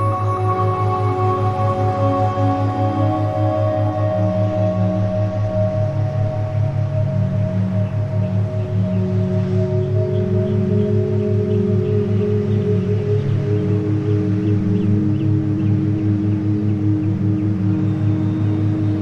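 Ambient music of long, sustained tones layered over a steady low drone, with a few notes slowly shifting and swelling over the nineteen seconds. A soft airy hiss sits above the music, and the overall level stays even throughout.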